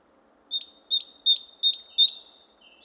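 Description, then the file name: Great tit calls: five sharp double-edged chink notes in an even series, ending with a faint, drawn-out downward slur. "Parus major"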